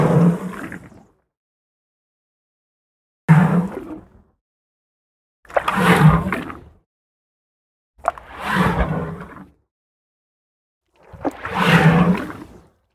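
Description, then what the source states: African elephant drawing in five loud, rough, breathy inhalations with a deep undertone, separated by silent pauses. Wet inhale.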